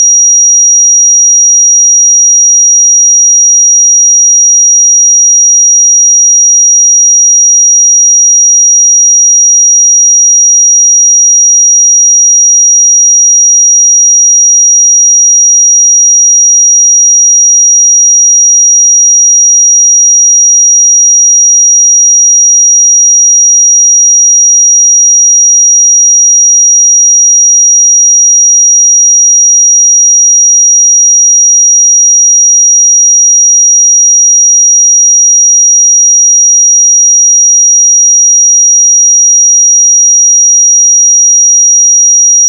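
A pure sine tone at 5737 Hz holds steady for the whole clip, thin, high and piercing. Its pitch and loudness stay the same from start to finish, with no breaks, wobble or other sounds underneath.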